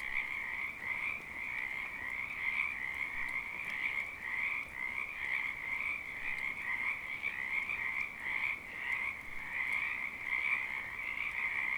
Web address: Sonniss com - GDC 2018-Game Audio Bundle Discover Oregon - Wind and Storms Rain 2014 Frogs Rain